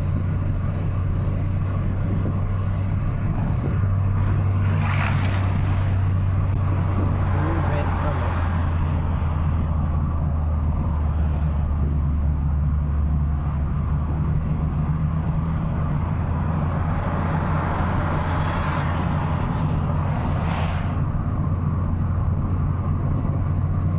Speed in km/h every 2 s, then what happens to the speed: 87, 89, 88, 84, 74, 68, 67, 71, 78, 80, 81, 83.
4-11 slows to 67. 11-24 speeds up to 83.